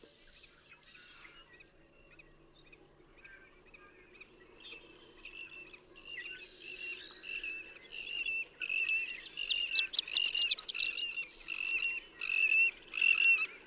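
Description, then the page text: Horned lark song: faint, scattered high notes gradually build into a rapid, glittering flourish, followed by further short high phrases. Daytime intermittent singing, a few stuttered notes rising to a rapid slurred flourish; Marble Hot Springs Road, Sierra Valley, California, 7 June 2001. "Horned lark. Daytime "intermittent singing," a few stuttered notes that rise to a rapid, slurred flourish, with cattle. June 7, 2001. Marble Hot Springs Road, Sierra Valley, California."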